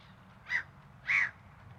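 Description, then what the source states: Gull giving two harsh, squealing calls about half a second apart, the second longer. At a waterfront on a Saturday.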